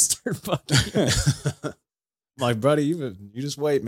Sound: laughing